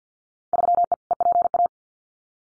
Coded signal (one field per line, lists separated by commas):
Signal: Morse code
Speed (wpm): 50 wpm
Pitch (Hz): 700 Hz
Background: none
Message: 3E EPA